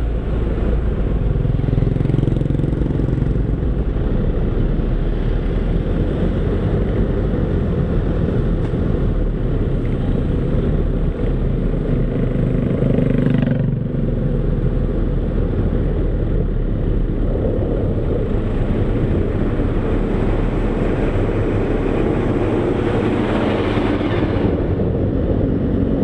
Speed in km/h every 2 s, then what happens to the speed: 1, 4, 10, 15, 16, 16, 17, 17, 15, 15, 16, 19, 25.
0-5 pulls away to 15. 5-21 steady at about 16. 21-26 speeds up to 25.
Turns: none.